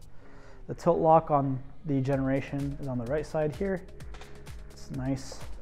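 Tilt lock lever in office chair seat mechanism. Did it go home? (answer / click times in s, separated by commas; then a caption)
no / none. The tilt lock lever on the right side of a Knoll Generation office chair's seat mechanism is being handled while someone talks over background music. The lever has two click positions, for 90 and 110 degree lock settings. Nothing has clicked into a detent yet.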